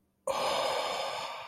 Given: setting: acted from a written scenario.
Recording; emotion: vocal sound without words; awe